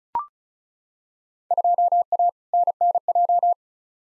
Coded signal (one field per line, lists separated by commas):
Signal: Morse code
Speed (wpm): 36 wpm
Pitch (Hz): 700 Hz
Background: none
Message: 2A NNJ